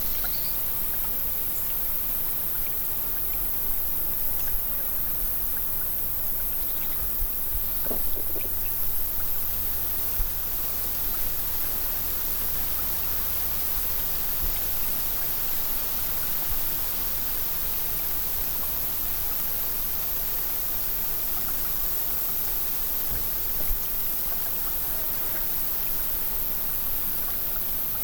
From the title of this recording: Breezy Meadow at Dusk